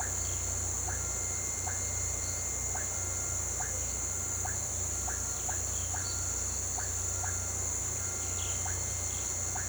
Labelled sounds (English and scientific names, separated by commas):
none